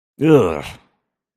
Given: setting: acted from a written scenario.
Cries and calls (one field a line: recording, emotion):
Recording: vocal sound without words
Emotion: disgust